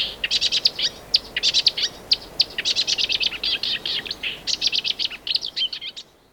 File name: Marsh Warbler (Acrocephalus palustris)